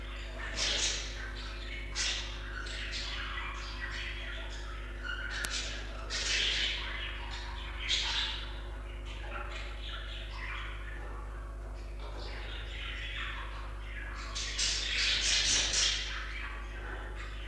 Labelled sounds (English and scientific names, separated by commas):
Budgerigar (Melopsittacus undulatus) call